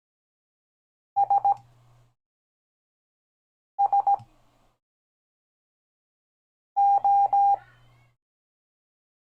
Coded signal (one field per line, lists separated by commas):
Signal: Morse code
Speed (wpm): 17 wpm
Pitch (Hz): 800 Hz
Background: none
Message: S S O